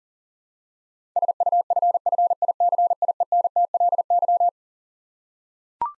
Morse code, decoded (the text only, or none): SUFFICIENTLY